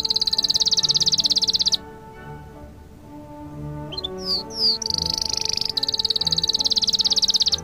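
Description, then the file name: Canary song, a rapid, buzzy high trill, then sharp descending chirps and another long fast trill, with soft music underneath. Canary song mixed with music. "suara kenari dan musik"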